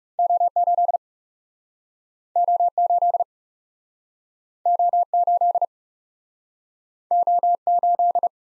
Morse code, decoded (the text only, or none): O 8 O 8 O 8 O 8